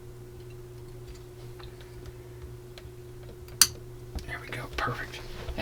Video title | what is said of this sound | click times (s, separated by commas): Build the British SAS Willy's Jeep Pack 5, Stages 31 to 38 from Agora Models | There we go. Perfect. That snapped in place. | 3.6 s